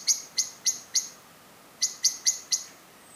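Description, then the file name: Common blackbird calling with crisp, metallic chink notes in two groups of four, evenly spaced, with a short silence between the groups. "Turdus merula"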